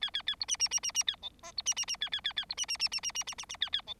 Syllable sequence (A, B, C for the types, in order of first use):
A A A B C C C C C A D E B C C C A A A A B C C C C C C C C C A A D